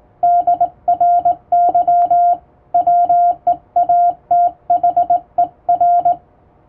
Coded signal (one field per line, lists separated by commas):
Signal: Morse code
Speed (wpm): 19 wpm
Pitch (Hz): 700 Hz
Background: radio noise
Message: DRY WEATHER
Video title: 【Radio operator morse code training】This is Morse code practice video. There is morse exam in japan.